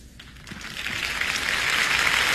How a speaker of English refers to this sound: Applauding a third act entrance. Surprise follows surprise.